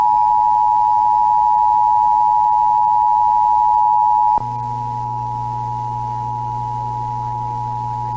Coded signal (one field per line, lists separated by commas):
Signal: Emergency Alert System (SAME) tones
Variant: 853 and 960 Hz attention tone